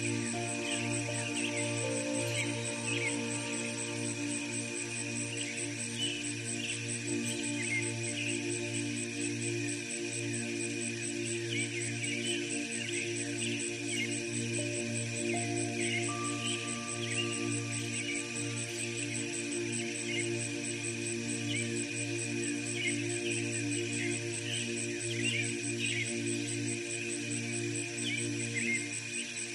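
Soft, sustained piano tones hum low and steady under a thick layer of bird chirping from distant trees. The birdsong stays busy and bright throughout, while a higher piano note enters around the middle and holds. Nothing else stands out.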